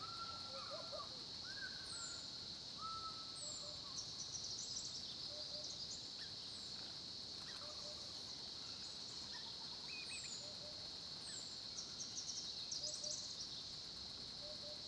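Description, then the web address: Crickets trill steadily beneath several birds giving descending whistles and warbling phrases, plus soft low notes repeating at intervals. Background ambience of crickets recorded at a small pond in the Olifants area of Kruger National Park, South Africa, at 10:30 am. "Tonschliff - SOUTH AFRICAN CRICKETS BG South Africa Kruger Olifants 1030 am small pond"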